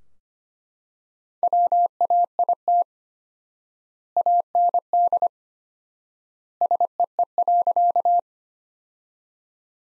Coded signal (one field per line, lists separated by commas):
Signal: Morse code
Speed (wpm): 25 wpm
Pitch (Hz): 700 Hz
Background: none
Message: WAIT AND SEE.